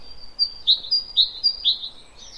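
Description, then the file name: Great tit giving a short series of high, clipped two-part notes, about three repeats in two seconds. "Parus major"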